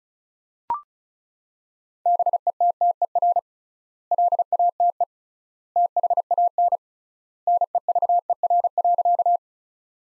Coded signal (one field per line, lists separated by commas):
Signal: Morse code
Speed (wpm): 34 wpm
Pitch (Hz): 700 Hz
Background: none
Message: BETTER LATE THAN NEVER.